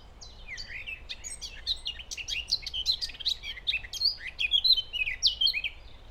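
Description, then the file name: Eurasian blackcap singing a fast, continuous chattering warble of varied high notes. "Sylvia atricapilla"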